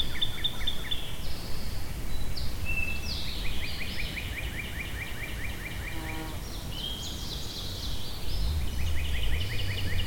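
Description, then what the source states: Birds singing: rapid runs of repeated chirps, bright whistled phrases and brief high slurs, with a steady low rumble beneath. Birds recorded at Shawnee.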